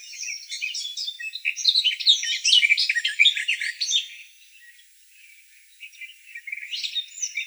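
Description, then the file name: Eurasian blackcap song: a dense scratchy warble for about four seconds, a quieter pause, then soft warbling notes resuming. "Slavka chernogolovaja"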